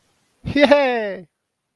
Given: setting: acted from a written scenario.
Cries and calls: vocal sound without words; elation

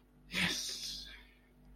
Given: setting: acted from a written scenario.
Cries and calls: vocal sound without words; positive surprise

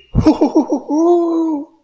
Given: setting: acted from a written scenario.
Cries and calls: vocal sound without words; pride

